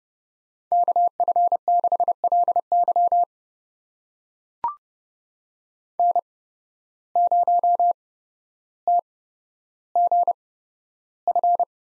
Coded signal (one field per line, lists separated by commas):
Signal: Morse code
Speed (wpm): 30 wpm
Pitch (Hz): 700 Hz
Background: none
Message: KF6LY N0TGF